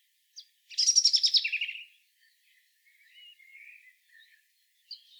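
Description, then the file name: European robin song phrase: a rapid burst of high trilled notes descending over about a second, followed by faint, thin warbled notes and a brief high note at the end. "Erithacus rubecula"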